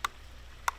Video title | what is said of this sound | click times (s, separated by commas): Wasp TrapStik How To Assemble | Start by tucking one end under the plastic cap until it snaps in place. | 0.1 s, 0.7 s